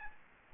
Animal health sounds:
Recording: mosquito wingbeat signal from an infrared sensor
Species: Aedes albopictus

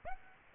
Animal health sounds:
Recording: mosquito wingbeat signal from an infrared sensor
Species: Aedes aegypti

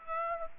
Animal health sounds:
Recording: mosquito wingbeat signal from an infrared sensor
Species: Aedes aegypti

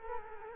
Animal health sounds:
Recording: mosquito wingbeat signal from an infrared sensor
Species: Culex quinquefasciatus

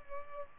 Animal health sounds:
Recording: mosquito wingbeat signal from an infrared sensor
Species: Culex pipiens

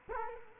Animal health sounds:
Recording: mosquito wingbeat signal from an infrared sensor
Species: Culex quinquefasciatus

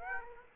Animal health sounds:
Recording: mosquito wingbeat signal from an infrared sensor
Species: Aedes aegypti

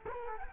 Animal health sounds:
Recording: mosquito wingbeat signal from an infrared sensor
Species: Culex quinquefasciatus

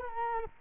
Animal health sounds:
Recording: mosquito wingbeat signal from an infrared sensor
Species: Culex quinquefasciatus

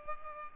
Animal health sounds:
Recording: mosquito wingbeat signal from an infrared sensor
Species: Culex pipiens

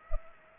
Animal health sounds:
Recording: mosquito wingbeat signal from an infrared sensor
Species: Culex pipiens

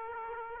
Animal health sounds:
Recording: mosquito wingbeat signal from an infrared sensor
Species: Aedes aegypti

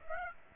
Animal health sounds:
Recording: mosquito wingbeat signal from an infrared sensor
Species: Aedes aegypti

